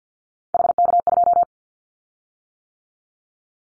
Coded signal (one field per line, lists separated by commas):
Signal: Morse code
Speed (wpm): 48 wpm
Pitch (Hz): 700 Hz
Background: none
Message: HK2